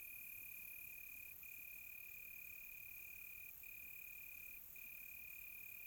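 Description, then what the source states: Crickets give a steady, piercing trill, broken by three short pauses, while a hazy wash of higher insect buzzing continues underneath. Crickets on a quiet tropical night, recorded close.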